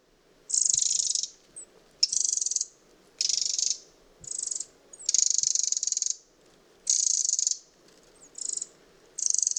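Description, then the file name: Eurasian wren uttering loud, grating rattled churrs, each roughly half a second to a second long, repeated about every one to two seconds with short gaps between. "Troglodytes troglodytes"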